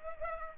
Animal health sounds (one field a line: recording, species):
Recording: mosquito wingbeat signal from an infrared sensor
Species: Culex pipiens